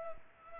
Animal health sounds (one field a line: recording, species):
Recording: mosquito wingbeat signal from an infrared sensor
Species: Culex pipiens